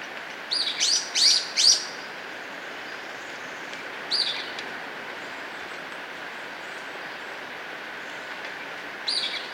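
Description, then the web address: Golden-crowned flycatcher calls: a quick burst of four high, squeaky notes, then single notes at about four and nine seconds, over steady background hiss. Recorded in Ecuador. "Birds of Ecuador. Golden-crowned Flycatcher"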